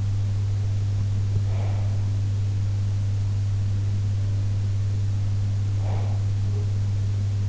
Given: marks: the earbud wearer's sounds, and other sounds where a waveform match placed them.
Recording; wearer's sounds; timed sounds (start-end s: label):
sounds in sleep by an in-ear microphone; breath
1.48-2.12 s: breath
5.81-6.30 s: breath